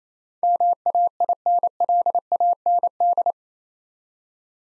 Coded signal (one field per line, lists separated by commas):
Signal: Morse code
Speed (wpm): 27 wpm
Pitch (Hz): 700 Hz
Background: none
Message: MAINLAND